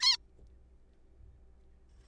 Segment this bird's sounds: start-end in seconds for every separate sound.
0.01-0.16